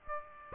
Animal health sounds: mosquito wingbeat signal from an infrared sensor; Aedes aegypti

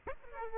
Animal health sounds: mosquito wingbeat signal from an infrared sensor; Aedes aegypti

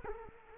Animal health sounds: mosquito wingbeat signal from an infrared sensor; Culex quinquefasciatus

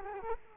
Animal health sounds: mosquito wingbeat signal from an infrared sensor; Culex quinquefasciatus

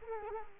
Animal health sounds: mosquito wingbeat signal from an infrared sensor; Culex quinquefasciatus

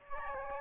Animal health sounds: mosquito wingbeat signal from an infrared sensor; Aedes albopictus

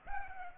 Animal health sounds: mosquito wingbeat signal from an infrared sensor; Culex pipiens

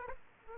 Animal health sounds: mosquito wingbeat signal from an infrared sensor; Aedes aegypti

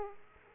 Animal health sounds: mosquito wingbeat signal from an infrared sensor; Aedes aegypti

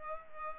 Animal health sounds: mosquito wingbeat signal from an infrared sensor; Culex pipiens

